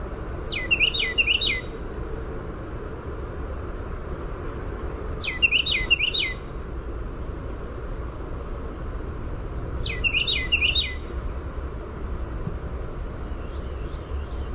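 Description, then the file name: Carolina wren song in three clear bouts of a few quick repeated phrases each, about five seconds apart, then a faint fourth, over a steady high tone and low rumble. "CARW song"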